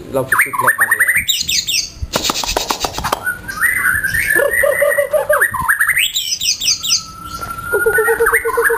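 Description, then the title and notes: White-rumped shama song, varied whistles and fast trills, a burst of crackling noise in the middle, then a long level whistle and repeated notes. Song used as a master (masteran) for training caged songbirds. "Suara Kicau Burung Murai Batu. burung murai buat masteran"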